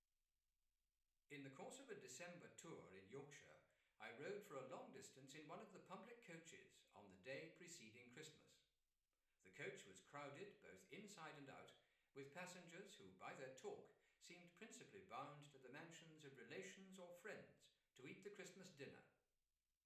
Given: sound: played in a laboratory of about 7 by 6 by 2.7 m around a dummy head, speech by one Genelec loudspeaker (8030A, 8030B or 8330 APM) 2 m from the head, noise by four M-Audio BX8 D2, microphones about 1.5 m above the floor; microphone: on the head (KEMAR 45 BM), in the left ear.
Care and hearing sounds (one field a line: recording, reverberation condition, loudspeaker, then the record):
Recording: male speech in English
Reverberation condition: medium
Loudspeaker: 120 degrees to the left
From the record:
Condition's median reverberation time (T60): about 510 ms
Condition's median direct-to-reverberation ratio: about -0.5 dB